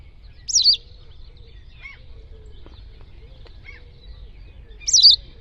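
Bird repeats a piercing, twisting high call twice, about four and a half seconds apart.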